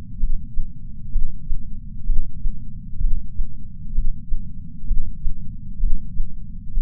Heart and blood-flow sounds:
heart sounds by patch sensor on the chest; 64 bpm
0.21 s: heartbeat
1.14 s: heartbeat
2.08 s: heartbeat
3.02 s: heartbeat
3.96 s: heartbeat
4.89 s: heartbeat
5.81 s: heartbeat
6.75 s: heartbeat
From the record:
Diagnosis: coronary artery disease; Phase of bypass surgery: preoperative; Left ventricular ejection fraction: 62.1%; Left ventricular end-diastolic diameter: 45 mm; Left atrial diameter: 40 mm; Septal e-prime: 8 cm/s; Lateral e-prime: 10 cm/s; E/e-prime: 5.6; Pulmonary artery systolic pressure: 22 mmHg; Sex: male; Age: 60 years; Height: 170 cm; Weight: 67 kg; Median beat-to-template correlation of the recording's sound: 0.93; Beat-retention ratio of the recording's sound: 1.00

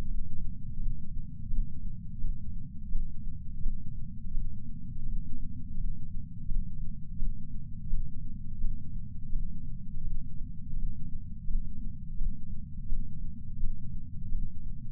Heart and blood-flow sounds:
heart sounds by patch sensor on the chest; 84 bpm
0.05 s: heartbeat
0.77 s: heartbeat
1.48 s: heartbeat
2.19 s: heartbeat
2.90 s: heartbeat
3.60 s: heartbeat
4.31 s: heartbeat
5.03 s: heartbeat
5.74 s: heartbeat
6.46 s: heartbeat
7.17 s: heartbeat
7.88 s: heartbeat
8.59 s: heartbeat
9.30 s: heartbeat
10.01 s: heartbeat
10.73 s: heartbeat
11.45 s: heartbeat
12.16 s: heartbeat
12.87 s: heartbeat
13.58 s: heartbeat
14.29 s: heartbeat
From the record:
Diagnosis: coronary artery disease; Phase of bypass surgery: postoperative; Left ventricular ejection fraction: 68.7%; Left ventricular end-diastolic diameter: 42 mm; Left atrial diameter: 41 mm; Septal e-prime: 3.9 cm/s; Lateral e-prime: 4.9 cm/s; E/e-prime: 19.8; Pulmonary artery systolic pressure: 30 mmHg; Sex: female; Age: 73 years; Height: 160 cm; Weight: 70 kg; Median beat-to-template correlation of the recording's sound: 0.85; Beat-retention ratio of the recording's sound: 0.98

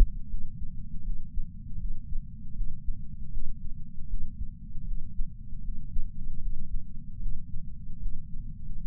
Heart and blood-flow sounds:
heart sounds by patch sensor on the chest; 78 bpm
0.28 s: heartbeat
1.03 s: heartbeat
1.78 s: heartbeat
2.54 s: heartbeat
3.31 s: heartbeat
4.08 s: heartbeat
4.85 s: heartbeat
5.62 s: heartbeat
6.40 s: heartbeat
7.20 s: heartbeat
8.00 s: heartbeat
8.79 s: heartbeat
From the record:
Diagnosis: coronary artery disease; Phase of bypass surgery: postoperative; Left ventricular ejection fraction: 62.1%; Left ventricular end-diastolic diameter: 45 mm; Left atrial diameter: 35 mm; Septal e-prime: 9.8 cm/s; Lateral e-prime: 10.5 cm/s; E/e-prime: 7.1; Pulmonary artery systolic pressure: 25 mmHg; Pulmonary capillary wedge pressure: 8 mmHg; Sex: male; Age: 58 years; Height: 172 cm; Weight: 75 kg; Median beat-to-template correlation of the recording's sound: 0.93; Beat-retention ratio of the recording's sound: 0.99

